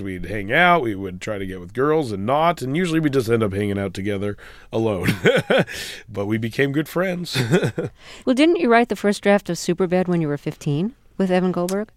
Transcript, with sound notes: we'd hang out; we would try to get with girls and not. And usually we'd just end up hanging out together alone. (Soundbite of laughter) But we became good friends.
Well, didn't you write the first draft of "Superbad" when you were 15 with Evan Goldberg?